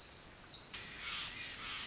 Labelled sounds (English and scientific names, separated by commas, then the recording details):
Pacific Wren (Troglodytes pacificus)
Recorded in Sonoma County, California